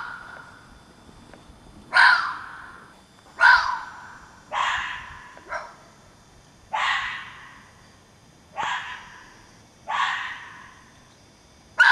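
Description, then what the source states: Fox producing a series of rough, hoarse barks, about eight calls at uneven intervals of one to two seconds, each sharp at onset then dying away. More than one fox.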